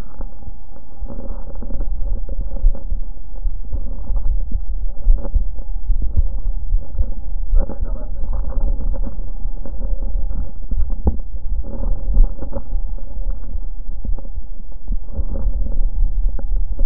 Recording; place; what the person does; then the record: lung sounds by stethoscope; right posterior apical chest; quiet breathing, then cough and speech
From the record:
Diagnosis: pulmonary infection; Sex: female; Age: 74 years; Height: 160 cm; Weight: 66 kg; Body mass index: 25.8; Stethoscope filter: diaphragm mode